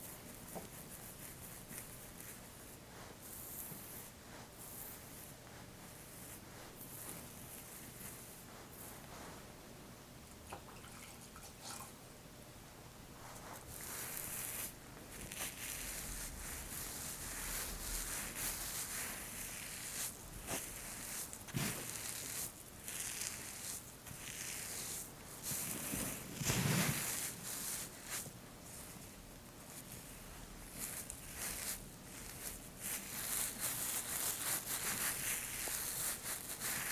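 Scissors snip and fabric rustles in a soft, crackly stream of short bright clicks and brushing strokes that grows fuller after about fourteen seconds. Dense crisp snipping bursts recur throughout, with a louder low thump and rustle near twenty-seven seconds.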